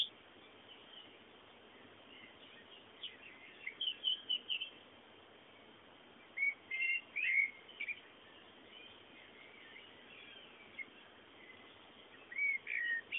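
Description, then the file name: Bird chirping in short, scattered bursts of high twittering notes, with quiet gaps between them and a steady soft hiss underneath. Background bird sounds. "fondo pajaros"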